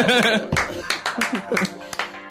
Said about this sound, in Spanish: Un aplauso.